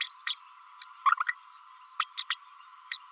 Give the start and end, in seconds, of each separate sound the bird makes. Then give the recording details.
0.00-0.08, 0.27-0.34, 0.81-0.87, 1.05-1.11, 1.20-1.24, 1.99-2.05, 2.17-2.23, 2.30-2.35, 2.91-2.97. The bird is a female. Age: 32 days. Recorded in a nest box in Venezuela. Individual 17B32A7